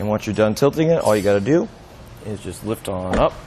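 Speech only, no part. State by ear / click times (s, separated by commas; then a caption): not seated / none. A man talks about a Thule Camber 4-bike rack on a 2019 Jeep Cherokee as the rack, tilted away from the vehicle, is lifted back up toward its upright locked position at the tilt pivot. Nothing has clicked or seated yet; the tilt latch has not snapped into place by the end of the clip.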